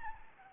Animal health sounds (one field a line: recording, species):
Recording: mosquito wingbeat signal from an infrared sensor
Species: Anopheles gambiae